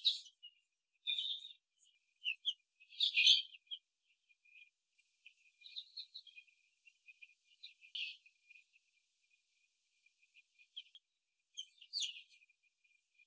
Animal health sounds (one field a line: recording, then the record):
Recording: young laying hens in a cage, short pieces joined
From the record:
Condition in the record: after the stressor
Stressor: simulated dog barking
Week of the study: 3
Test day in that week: 1